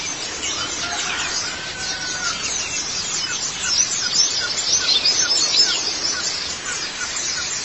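White-eye song, high chattering twitters that grow busier in the second half, with a long faint whistle early on.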